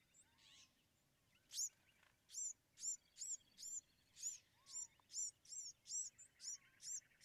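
Bewick's wren song: a series of high, sharp downslurred notes repeated about twice a second, with a faint low whistle in the background.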